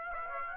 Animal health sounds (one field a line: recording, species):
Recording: mosquito wingbeat signal from an infrared sensor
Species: Aedes aegypti